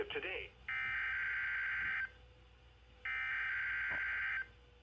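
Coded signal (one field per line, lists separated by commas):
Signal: Emergency Alert System (SAME) tones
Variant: header bursts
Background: speech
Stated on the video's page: Compilation of EAS alert and test captures.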